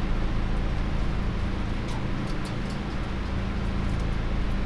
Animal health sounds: poultry house recording; healthy chickens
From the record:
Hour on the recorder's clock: 0

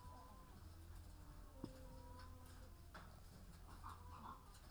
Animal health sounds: poultry house recording; sick chickens (respiratory disease)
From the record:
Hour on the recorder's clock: 15

